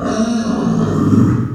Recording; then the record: squeal of a Yucatan mini pig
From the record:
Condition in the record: after surgery on the right vocal fold (resection and tissue-engineered implant); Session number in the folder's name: 9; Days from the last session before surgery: 65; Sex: female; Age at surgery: 19 weeks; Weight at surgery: 25 kg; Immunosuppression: prednisolone